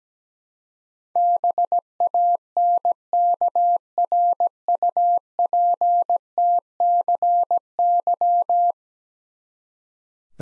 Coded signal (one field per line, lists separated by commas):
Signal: Morse code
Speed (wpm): 17 wpm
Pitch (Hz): 700 Hz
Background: none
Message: BANKRUPTCY